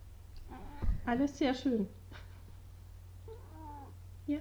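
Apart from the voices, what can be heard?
cat meowing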